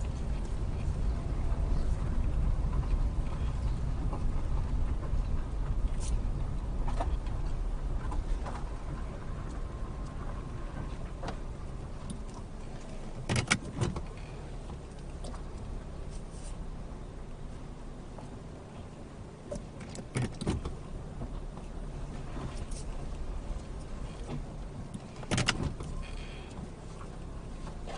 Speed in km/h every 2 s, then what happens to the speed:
11, 10, 8, 8, 6, 5, 0, 0, 0, 0, 0, 0, 0, 3.
0-9 steady at about 8. 9-12 slows to 0. 12-25 standing.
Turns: none.